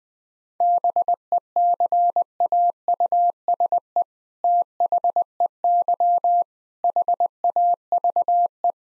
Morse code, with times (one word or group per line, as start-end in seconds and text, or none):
0.6-4.0 BECAUSE
4.4-6.4 THEY
6.8-8.7 HAVE